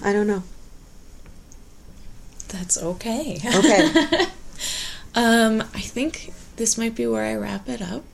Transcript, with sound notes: I don't know.
That's okay. [Laughs] I think this might be where I wrap it up